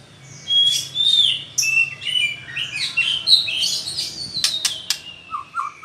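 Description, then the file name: White-rumped shama song, varied high whistles and warbled notes with a few sharp clicks, over a low steady background hum. Female bird. "murai batu betina"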